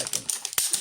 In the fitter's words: wow there you go it just actually clicks into place by itself